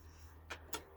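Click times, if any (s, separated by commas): 0.5 s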